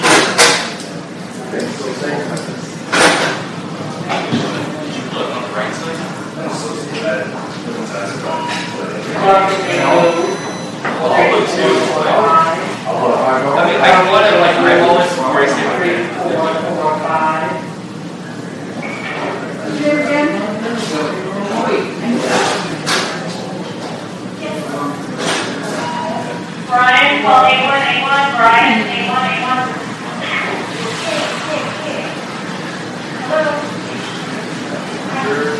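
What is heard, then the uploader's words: Voices talk almost continuously in a hospital emergency room, several people with a steady murmur of the room behind them. Sharp clicks and clatters break in every few seconds, and a brief high tone sounds near ten seconds. Hospital Emergency Room.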